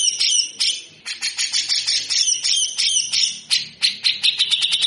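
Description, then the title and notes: Grey-cheeked bulbul giving scratchy, jumbled rasping notes, irregular at first, then settling into quick repeated grating notes. Actively singing (gacor) cucak jenggot giving rough, rasping 'besetan kasar' song, used as a master for training birds. "MASTERAN CUCAK JENGGOT GACOR FULL BESETAN KASAR DURASI PANJANG. MASTERAN CUCAK JENGGOT GACOR BESETAN KASAR DURASI RAPAT. Burung cucak jenggot"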